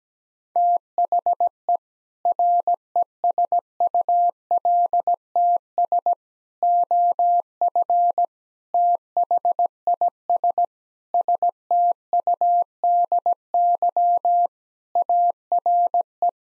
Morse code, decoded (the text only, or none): THE RESULTS OF THIS STUDY ARE